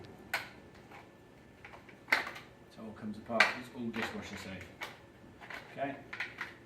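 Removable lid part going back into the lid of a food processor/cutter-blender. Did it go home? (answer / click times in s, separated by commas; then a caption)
no / none. Someone talks while handling the removable plastic lid part of a Robot Coupe Robot Cook cooking cutter-blender, whose lid comes apart for dishwasher washing, and brings it back toward the lid. Short plastic knocks and handling clatter are heard. Nothing has seated or clicked into place yet.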